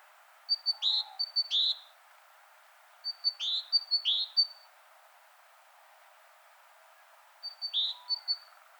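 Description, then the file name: Great tit song in short bursts: two quick two-note phrases, another pair after a pause, then a single phrase near the end, each high note dropping lower. "Parus major"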